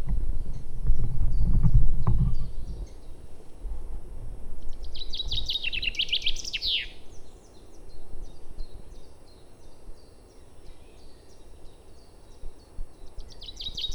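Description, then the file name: Common chaffinch song: a cheerful falling trill ending in a flourish, preceded by low thumping noise and faint chirps, with a further song beginning at the close. "Fringilla coelebs"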